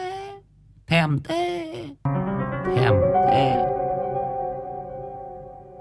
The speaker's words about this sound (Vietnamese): Tiếng khỉ kêu lúc này vang khắp bốn phương tám hướng.